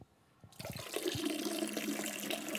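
After a brief quiet start, a steady stream of urine splashes loudly into toilet water, a continuous hissing, bubbling pour that holds constant to the end with no talking.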